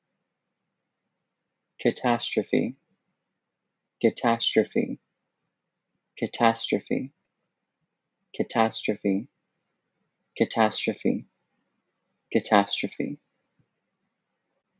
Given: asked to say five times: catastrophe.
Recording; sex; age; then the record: repeated word; male; 20 to 29 years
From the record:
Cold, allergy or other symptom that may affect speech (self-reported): no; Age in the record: 20 years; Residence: United States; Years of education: 15